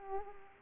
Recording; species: mosquito wingbeat signal from an infrared sensor; Anopheles arabiensis